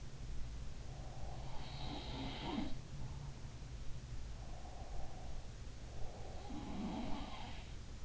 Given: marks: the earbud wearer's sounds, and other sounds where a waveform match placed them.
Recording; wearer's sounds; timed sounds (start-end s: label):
sounds in sleep by an in-ear microphone; breath
0.74-1.81 s: breath
1.13-3.83 s: sound from someone else or the room
4.48-6.76 s: breath
5.97-7.86 s: sound from someone else or the room